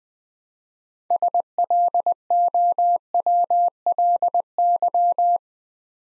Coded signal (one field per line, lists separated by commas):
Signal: Morse code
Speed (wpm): 20 wpm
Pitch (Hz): 700 Hz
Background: none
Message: SLOWLY